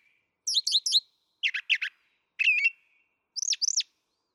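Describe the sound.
Brown thrasher song: a tripled high slurred note, a rough phrase, a buzzy trill, then two arched whistles, delivered with short pauses.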